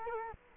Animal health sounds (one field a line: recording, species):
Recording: mosquito wingbeat signal from an infrared sensor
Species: Culex quinquefasciatus